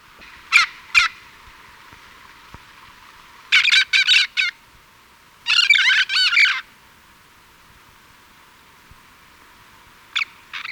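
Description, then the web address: Scaly-naped amazon calls: two sharp squawks, then two dense bursts of rapid, raspy chattering notes, and a final pair of squawks after a long pause. Ecuador. "Birds of Ecuador. Scaly-Naped Amazon"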